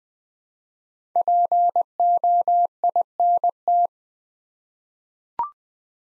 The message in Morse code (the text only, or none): POINT